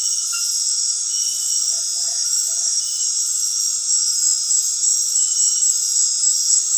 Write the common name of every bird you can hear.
none